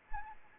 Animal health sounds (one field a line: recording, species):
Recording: mosquito wingbeat signal from an infrared sensor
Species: Anopheles arabiensis